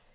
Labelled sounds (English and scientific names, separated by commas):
Lucy's Warbler (Leiothlypis luciae) flight call